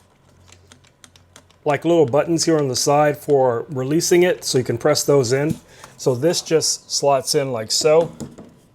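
An exhaust duct adapter with two side release buttons is handled and slotted toward the back of an xTool M1 Ultra 10W Deluxe laser cutter housing. A few light handling ticks come first, then someone talks through the rest of the clip. The adapter has not seated or clicked into place yet.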